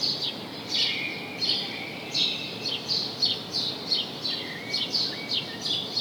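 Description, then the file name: House sparrow giving repeated clipped chirps, with a few lower notes near the end and steady hiss behind. "Passer domesticus"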